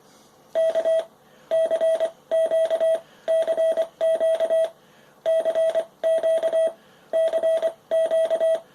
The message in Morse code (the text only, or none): K CQ CQ CQ CQ